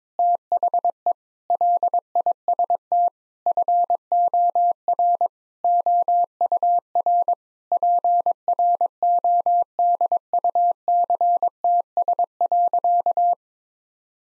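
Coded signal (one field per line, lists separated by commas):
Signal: Morse code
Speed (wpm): 21 wpm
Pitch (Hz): 700 Hz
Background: none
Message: THE LIST FOR OUR PRODUCTS.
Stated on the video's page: Morse practice at 22 wpm, sentences with common six-word phrases, sent, spoken, then sent again for head-copy.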